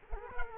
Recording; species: mosquito wingbeat signal from an infrared sensor; Culex quinquefasciatus